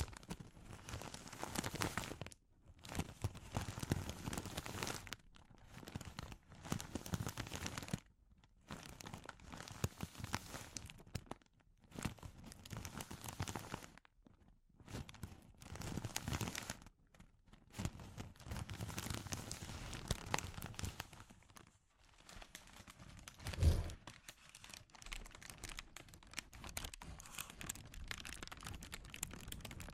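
Crinkling plastic or paper is handled in bursts of dense crackle, with short silent gaps every few seconds. The rustling is bright and busy, rising and falling in loudness, with a sharper thump near 24 seconds and steadier, softer crinkling toward the end.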